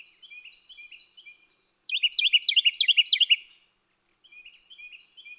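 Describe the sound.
Bird song: a loud burst of rapid, high chirping notes about two seconds long, between softer series of chirps before and after.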